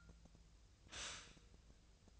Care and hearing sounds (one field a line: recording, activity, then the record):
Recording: daily activity, microphone in the room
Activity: stop toaster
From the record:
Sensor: 2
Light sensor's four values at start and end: 23/58/24/27 and 23/57/24/27